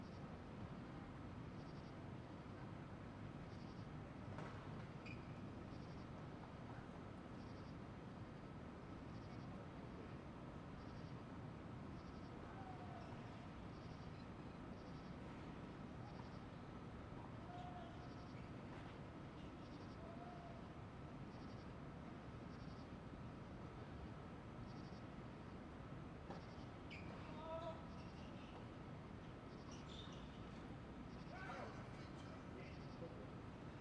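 Crickets chirp in a steady, regular pulse through a constant low rumble of passing trains. Quiet voices murmur now and then, and a few short sharp sounds, possibly tennis shots, come around the middle and near the end.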